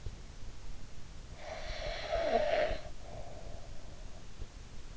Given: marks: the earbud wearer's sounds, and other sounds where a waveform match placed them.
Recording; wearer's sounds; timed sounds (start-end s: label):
sounds in sleep by an in-ear microphone; snoring breath
1.30-4.28 s: snoring breath